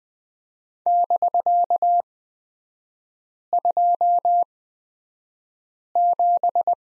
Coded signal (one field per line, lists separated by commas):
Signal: Morse code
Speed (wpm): 20 wpm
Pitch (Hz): 700 Hz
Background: none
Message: <BK>27